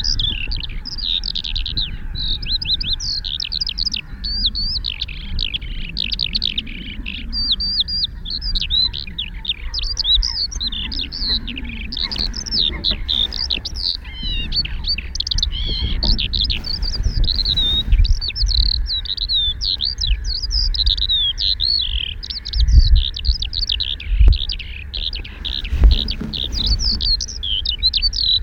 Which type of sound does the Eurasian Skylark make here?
song